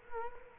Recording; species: mosquito wingbeat signal from an infrared sensor; Culex quinquefasciatus